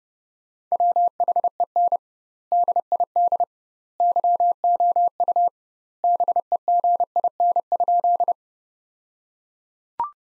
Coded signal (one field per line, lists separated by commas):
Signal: Morse code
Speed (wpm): 32 wpm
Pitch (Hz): 700 Hz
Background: none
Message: WHEN DID YOU BEGIN?